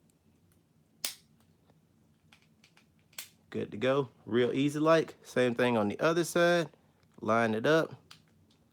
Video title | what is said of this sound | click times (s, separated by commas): Fix your PS4 Controller Part 1 (2018) | we just gotta line this up and push it in you should hear it pop good | 1.1 s